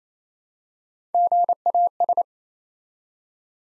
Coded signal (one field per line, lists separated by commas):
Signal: Morse code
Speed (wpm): 27 wpm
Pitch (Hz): 700 Hz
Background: none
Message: GAS